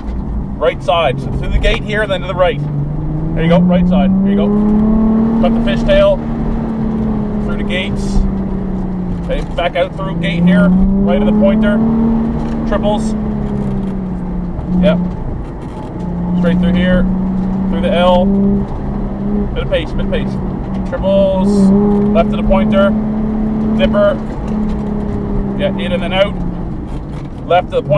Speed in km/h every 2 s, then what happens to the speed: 36, 35, 45, 61, 50, 51, 60, 57, 50, 57, 55, 61, 58, 45.
3-5 speeds up to 61. 9-11 speeds up to 60. 12-16 slows to 50. 16-23 speeds up to 61. 23-26 brakes to 45.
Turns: 0-7.